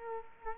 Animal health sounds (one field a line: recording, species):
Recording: mosquito wingbeat signal from an infrared sensor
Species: Culex quinquefasciatus